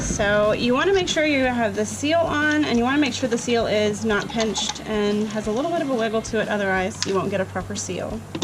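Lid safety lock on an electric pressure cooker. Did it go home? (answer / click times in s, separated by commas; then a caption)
no / none. Someone talks while handling an electric pressure cooker, with its seal fitted so it is not pinched and has a little wiggle. The cooker is about to be set to pressure cook, but the lid safety lock has not engaged yet and nothing has clicked or seated in this clip.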